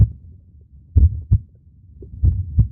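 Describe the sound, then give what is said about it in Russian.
A heartbeat played through an ultrasound machine in a doctor's office: two pairs of deep, muffled thumps in a steady lub-dub rhythm over a soft, low rumbling background hiss, with no talking. “В поезде, в машине, когда работает парктроник или сигнал поворота, или в кабинете врача, когда через аппарат УЗИ можно услышать свое сердцебиение.”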